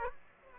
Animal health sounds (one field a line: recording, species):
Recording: mosquito wingbeat signal from an infrared sensor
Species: Aedes aegypti